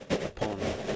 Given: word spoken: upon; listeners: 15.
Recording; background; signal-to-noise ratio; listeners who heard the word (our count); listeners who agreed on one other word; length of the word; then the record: one English word in noise, from a listening test; noise modulated by three-talker babble; -3.1 dB; 3 of 15; 8 of 15; 0.56 s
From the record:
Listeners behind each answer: 8, 3, 2, 1, 1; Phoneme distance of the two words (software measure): 14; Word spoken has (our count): 2 syllables, 4 phonemes, stress on syllable 2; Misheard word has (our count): 1 syllable, 4 phonemes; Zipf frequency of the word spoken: 4.75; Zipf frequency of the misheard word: 4.20